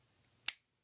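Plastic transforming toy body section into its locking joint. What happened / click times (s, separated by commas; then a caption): Plastic joint snaps into its locked position / 0.5 s. The body section of a plastic transforming robot toy is rocked back into its locking joint. A single sharp, bright snap at 0.5 s rises out of near silence and fades within about a tenth of a second. The section is seated, locked in place.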